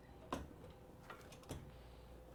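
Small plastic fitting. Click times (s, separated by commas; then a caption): 0.3 s. A dental device part with a small gasket is fitted onto a dental instrument so that it seals, and it must click into place or it will not work. A sharp click is heard at 0.3 s as the part seats, followed by two fainter ticks at 1.1 s and 1.5 s over a low, steady background.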